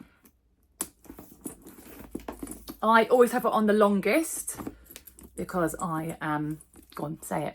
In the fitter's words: πράγμα που κάνει κλικ εκεί. Θα σου το επισυνάψω για να δεις.